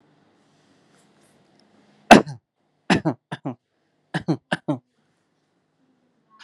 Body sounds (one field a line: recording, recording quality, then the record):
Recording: shallow voluntary cough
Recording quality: excellent, no background noise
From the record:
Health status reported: healthy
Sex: male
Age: 42 years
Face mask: not worn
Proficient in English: yes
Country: India